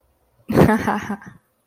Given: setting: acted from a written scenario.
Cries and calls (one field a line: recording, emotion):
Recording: vocal sound without words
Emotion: amusement